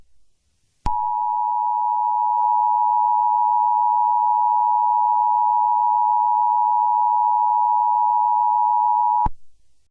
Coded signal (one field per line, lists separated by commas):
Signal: Emergency Alert System (SAME) tones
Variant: 853 and 960 Hz attention tone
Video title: [EAS] Chain Chomp Reaction